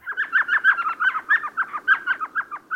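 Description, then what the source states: Elf Owl calling, a rapid chattering series of high, yelping notes, about six per second, slightly uneven in pitch and pace, with no other clear sounds. World's smallest owl species.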